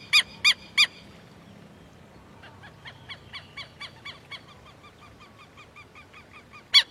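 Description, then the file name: Southern lapwing with three loud, piercing notes, then a quieter string of calls, and one more loud note at the end. "canto do quero quero"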